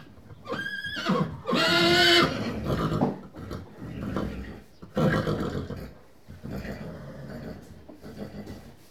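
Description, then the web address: Horse whinnies: a short high quavering call, then a louder, longer harmonic whinny, followed by soft snorts, shuffling and rustling in the background. Horses in stables, whickering. "BBC Sound Effects Library. Horses"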